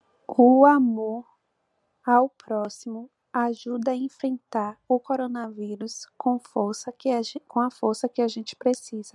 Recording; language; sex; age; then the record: spoken sentence; Brazilian Portuguese; female; 20 to 29 years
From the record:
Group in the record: control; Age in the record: 26 years